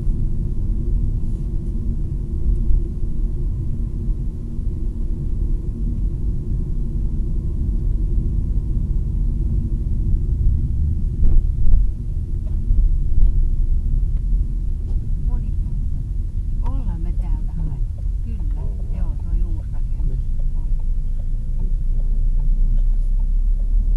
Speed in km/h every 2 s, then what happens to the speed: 39, 38, 39, 38, 30, 24, 24, 19, 14, 18, 12, 21.
0-6 steady at about 38. 6-9 brakes to 24. 13-16 slows to 14. 20-24 speeds up to 21.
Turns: 15-20.